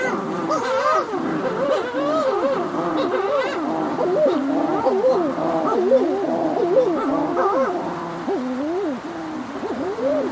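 Birds call constantly from a crowded flock, with honking, wobbling notes overlapping one another throughout.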